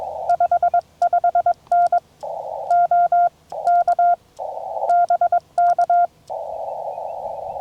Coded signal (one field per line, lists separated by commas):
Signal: Morse code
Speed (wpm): 21 wpm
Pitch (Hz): 700 Hz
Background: none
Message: 55N OK BK